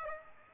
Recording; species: mosquito wingbeat signal from an infrared sensor; Aedes aegypti